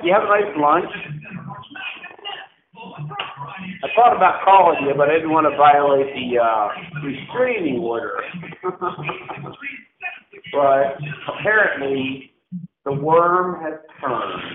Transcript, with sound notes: Did you have a nice lunch? I thought about calling you, but I didn't want to violate the, uh, restraining order. [LAUGH] But apparently the worm has turned…